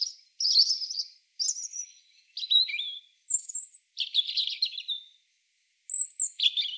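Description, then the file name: European robin song of several short, shimmering phrases, mixing thin high whistles and dense warbling trills, with a longer pause before the final falling notes. "Erithacus rubecula"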